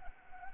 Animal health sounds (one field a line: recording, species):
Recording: mosquito wingbeat signal from an infrared sensor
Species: Anopheles arabiensis